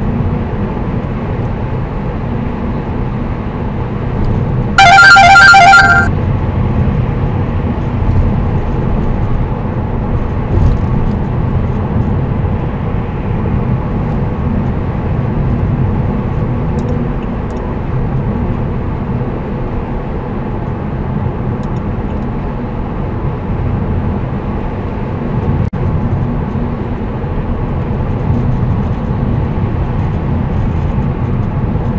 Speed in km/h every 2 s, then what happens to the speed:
123, 123, 121, 121, 122, 123, 123, 126, 128, 125, 123, 122, 120, 116, 115, 114.
0-17 steady at about 123. 17-32 slows to 114.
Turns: none.